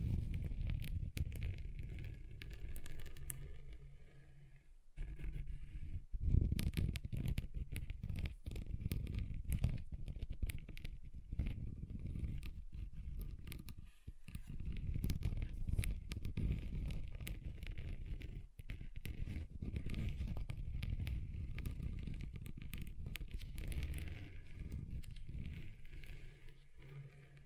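Scratching across a table surface, a dense crackly rasp over a heavy low rumble, broken by brief pauses near five and fourteen seconds.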